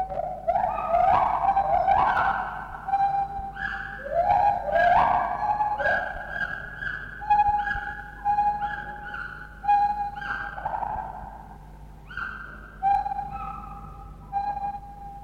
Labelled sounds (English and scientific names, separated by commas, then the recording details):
Lar Gibbon (Hylobates lar)
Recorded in captivity
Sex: pair
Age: adult
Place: Zoo Berlin, Berlin, DE
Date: 1960-11-05 12:00
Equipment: Minifon, Kopie Smaragd
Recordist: Tembrock, Günter